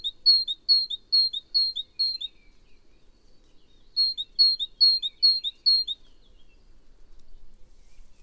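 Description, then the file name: Great tit singing a quick see-saw two-note phrase over and over in two bursts of five or six repeats, separated by a silent gap. "Parus major"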